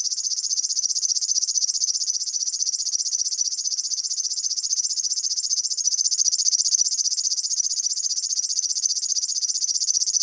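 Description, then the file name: River warbler song: a high, sustained, cricket-like reel of quick regular pulses, continuing without pause. "Flodsangare"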